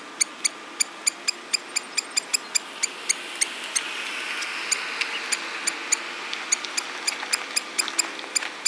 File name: Himantopus mexicanus - Black-necked Stilt